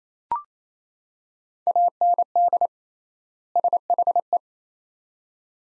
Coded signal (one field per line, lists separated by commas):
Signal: Morse code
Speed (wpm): 28 wpm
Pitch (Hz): 700 Hz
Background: none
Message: AND SHE